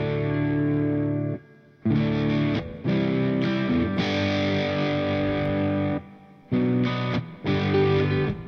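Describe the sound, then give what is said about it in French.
An electric guitar through an Orange Thunder Verb 200 tube amp's clean channel, with the gain set at three quarters, plays a series of loud, ringing chords, each held for a second or more with brief gaps between them, with a slightly gritty edge and no voices. “Et là, je suis en canal clair avec un petit. J'ai mis le gain aux trois quarts.”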